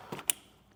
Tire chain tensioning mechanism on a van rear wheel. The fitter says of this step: until it clicks into place you have this green indicator and after we have this chain on